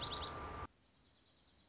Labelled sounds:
Dark-eyed Junco (Junco hyemalis)

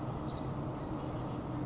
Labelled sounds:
Blue-gray Gnatcatcher (Polioptila caerulea)

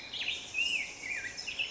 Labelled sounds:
Black-headed Grosbeak (Pheucticus melanocephalus)

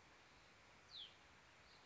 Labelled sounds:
Hutton's Vireo (Vireo huttoni)

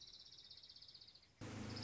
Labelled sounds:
Orange-crowned Warbler (Leiothlypis celata)

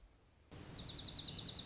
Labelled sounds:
Dark-eyed Junco (Junco hyemalis)

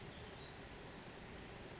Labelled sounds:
Western Flycatcher (Empidonax difficilis)

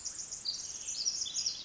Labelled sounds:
Pacific Wren (Troglodytes pacificus)

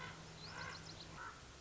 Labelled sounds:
Common Raven (Corvus corax)

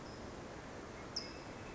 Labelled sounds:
California Towhee (Melozone crissalis)

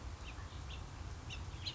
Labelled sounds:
House Finch (Haemorhous mexicanus)

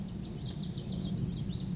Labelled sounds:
Lazuli Bunting (Passerina amoena)

